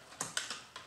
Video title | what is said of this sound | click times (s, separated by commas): HOW TO FIX ASUS screen flickering | twist very slowly you hear it snap open Snap Snap like that | 0.2 s, 0.4 s